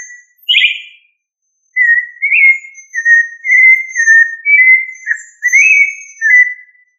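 Thrush delivering a flowing run of mellow whistled notes after one brief higher phrase, the notes wavering up and down in pitch.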